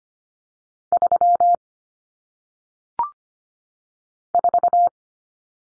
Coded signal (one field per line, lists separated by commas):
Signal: Morse code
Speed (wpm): 25 wpm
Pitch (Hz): 700 Hz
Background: none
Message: 3 4